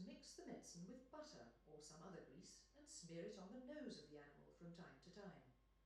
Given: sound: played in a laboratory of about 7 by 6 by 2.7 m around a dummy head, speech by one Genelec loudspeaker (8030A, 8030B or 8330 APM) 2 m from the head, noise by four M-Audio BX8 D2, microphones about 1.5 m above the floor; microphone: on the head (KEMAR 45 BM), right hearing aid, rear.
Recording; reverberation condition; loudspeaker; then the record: female speech in English; medium; 30 degrees to the left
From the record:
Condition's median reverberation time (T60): about 510 ms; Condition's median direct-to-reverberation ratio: about -0.5 dB